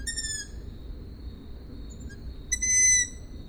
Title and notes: Sovy, Židlochovice, natočeno. Sovy v Židlochovicích, nahrál Tomáš Šenkyřík